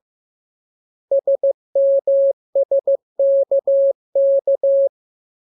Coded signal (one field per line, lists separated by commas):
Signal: Morse code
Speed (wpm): 15 wpm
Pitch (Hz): 550 Hz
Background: none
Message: SMSKK